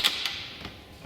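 During reassembly of a Ford Crown Vic shift interlock solenoid, a plastic/metal steering column part is slid up and pushed into its mount on the column. Sharp clicks are heard at 0.1 s and 0.3 s, followed by a fainter tap at the end. The part is seated back in place.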